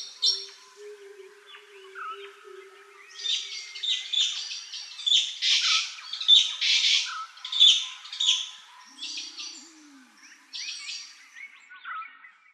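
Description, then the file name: Blue magpie: rasping squawks in clustered bursts. Soft whistles and a faint low droning note sit in the background. "Blue-Magpie from-Habitat-Edition-2017"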